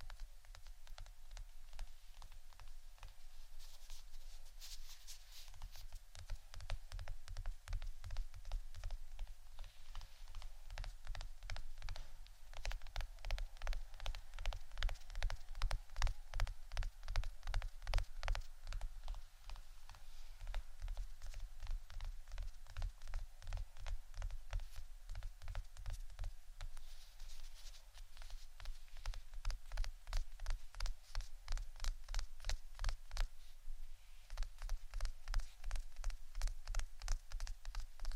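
Rapid, irregular tapping runs throughout, dense clicks in quick bursts over a steady low hum, with slower, heavier taps near 5, 27 and 34 seconds.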